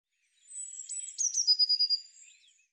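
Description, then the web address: Eurasian blue tit call, softer, opening with a faint jumble of high notes and building into a rapid run of sharp trilled pulses that trails off. Recorded in 2025. "cianscape birddata Deverinetal Bird Cy Ca"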